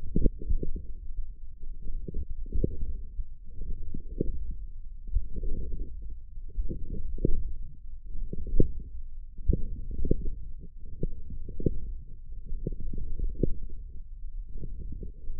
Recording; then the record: forearm muscle sounds (acoustic myography)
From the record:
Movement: forearm pronation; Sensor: system 1, eight BSWA MPA416 microphones around the upper forearm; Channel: 6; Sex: male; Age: 21 years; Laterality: right